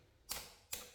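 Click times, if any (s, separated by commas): 0.3 s, 0.7 s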